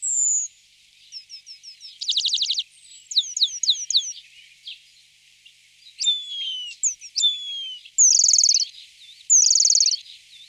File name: Golosa ptic - Obyknovennyj remez Remiz pendulinus